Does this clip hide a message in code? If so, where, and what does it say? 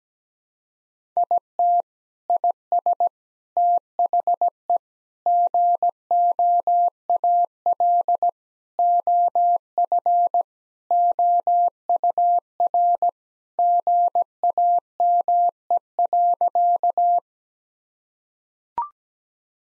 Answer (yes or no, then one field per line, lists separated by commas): yes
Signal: Morse code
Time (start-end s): 1.2-17.2 s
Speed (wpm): 17 wpm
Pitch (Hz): 700 Hz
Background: none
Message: IT IS THE GOAL OF OUR GAME.